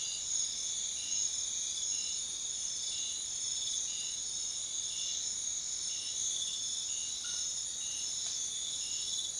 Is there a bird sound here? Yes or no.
no